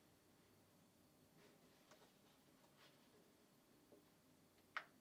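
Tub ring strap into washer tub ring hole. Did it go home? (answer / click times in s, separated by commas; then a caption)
yes / 4.8 s. A plastic Fisher & Paykel tub ring strap, part #420978P, is inserted into its hole in the washer tub ring and pulled until it snaps into place. After a few quiet, faint handling rustles, one sharp snap sounds at 4.8 s as the strap seats.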